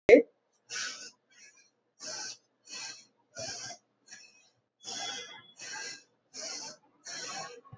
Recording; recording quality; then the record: shallow breathing; excellent, no background noise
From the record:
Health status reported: COVID-19 positive, mild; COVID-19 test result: positive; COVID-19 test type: RT-PCR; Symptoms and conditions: fever, fatigue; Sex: female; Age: 22 years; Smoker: no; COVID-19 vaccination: both doses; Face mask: not worn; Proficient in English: yes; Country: India